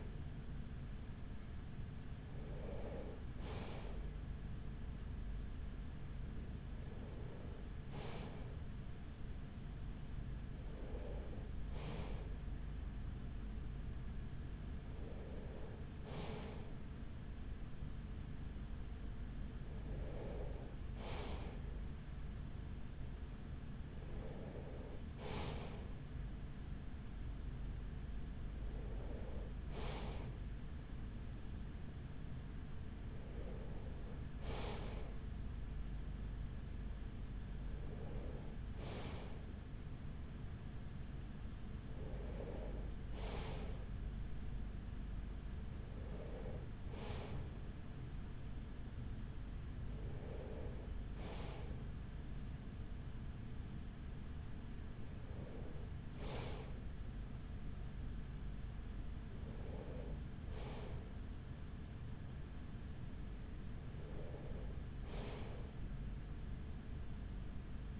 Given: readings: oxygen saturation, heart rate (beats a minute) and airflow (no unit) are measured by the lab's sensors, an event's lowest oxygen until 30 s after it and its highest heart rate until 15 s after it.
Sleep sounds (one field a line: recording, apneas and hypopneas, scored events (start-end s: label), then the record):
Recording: breathing in sleep by a smartphone at the bedside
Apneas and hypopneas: none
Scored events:
3.00-33.00 s: new sleep stage, N2 (light sleep)
33.00-63.00 s: new sleep stage, N3 (deep sleep)
63.00-68.00 s: new sleep stage, N2 (light sleep)
From the record:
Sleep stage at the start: N3 (deep sleep)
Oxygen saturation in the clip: 94 to 95%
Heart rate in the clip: 43 to 46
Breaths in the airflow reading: 15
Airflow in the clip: -6.8 to 5.7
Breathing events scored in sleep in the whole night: 207 in 7.6 hours asleep